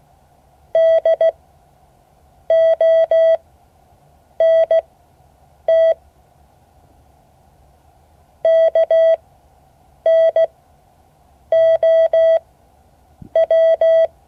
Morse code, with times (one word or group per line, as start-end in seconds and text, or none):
0.7-5.9 DONT
8.4-14.1 KNOW